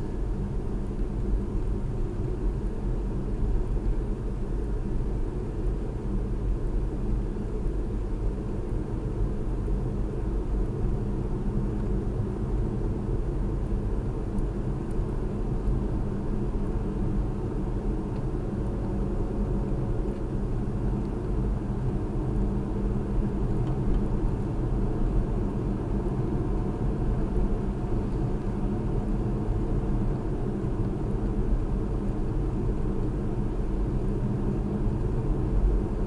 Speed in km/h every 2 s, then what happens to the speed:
44, 45, 45, 47, 47, 48, 48, 52, 53, 53, 53, 55, 56, 58, 56, 55, 55, 55.
0-36 speeds up to 55.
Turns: none.